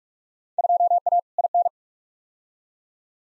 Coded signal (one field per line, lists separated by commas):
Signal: Morse code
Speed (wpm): 46 wpm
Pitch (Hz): 700 Hz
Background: none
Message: 2A IN